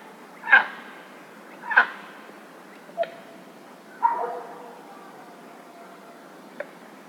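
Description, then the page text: Dog barking, four short sharp barks over about four seconds, the last trailing into a fainter tonal whine, then a single softer bark near the end. Evening at a lake near a village. "Вечер на озере вблизи деревни (серая цапля, собаки)"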